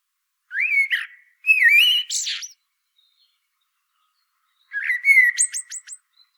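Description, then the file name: Common blackbird song: rich, low fluted whistled phrases with slurred turns, a pause, then a warble ending in a rapid run of high thin squeaks. "Turdus merula"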